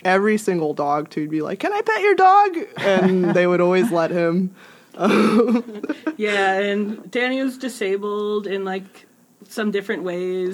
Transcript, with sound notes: Every single dog, too, he'd be like “Can I pet your dog?!” And they always let him. [laughs.]
Dani was disabled in like some different ways.